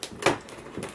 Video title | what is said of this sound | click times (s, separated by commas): Building A Lego MOC Avengers Tower - Part 2, The Age of Dark Bluish Gray | and as you can hear it is clicked into place | 0.0 s, 0.3 s